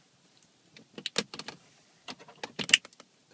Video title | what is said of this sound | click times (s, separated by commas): Jeep Grand Cherokee Stereo/Deck/Radio Install (1999-2004) | here it click and then you just match the colors | 2.7 s